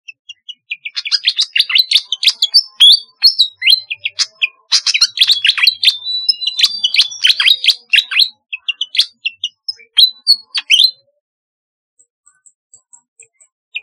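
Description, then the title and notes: Flycatcher pouring out a fast, chattering series of high chirps and whistles for about ten seconds, then falling almost silent with a few soft notes. "Kicau Burung Sikatan"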